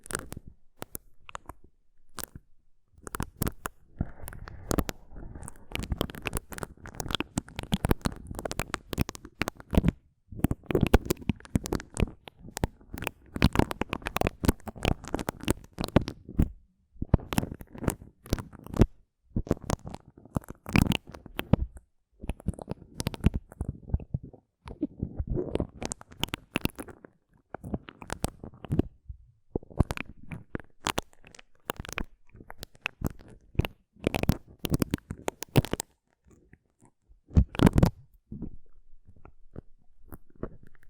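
Rough brain cleaning and picking: a dense run of wet, crunchy clicks, squelches and scrapes, tightly packed and irregular across the whole stretch. Short quiet gaps break it up, near 3, 18 and 37 seconds, with a sharp crack standing out around 38 seconds.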